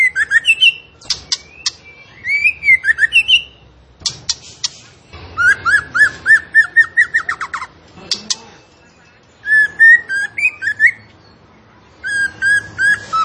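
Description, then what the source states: Zebra finch song in energetic bursts of chips, twitters and rapid repeated whistled notes, separated by short pauses, with varied phrases throughout. Actively singing (gacor) bird; used as masteran training audio.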